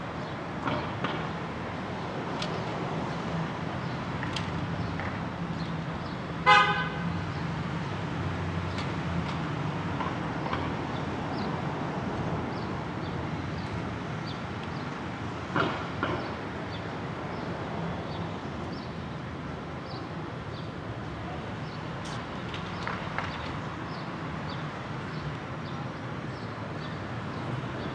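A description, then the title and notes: Outdoors on a Brooklyn roof, a steady low rumble of city traffic fills the background throughout. Short sharp sounds break through now and then, with a bright ringing clatter near seven seconds and brief knocks around sixteen and twenty-three seconds. Ext, Brooklyn Roof. By Bandeto.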